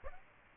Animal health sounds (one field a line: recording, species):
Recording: mosquito wingbeat signal from an infrared sensor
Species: Aedes aegypti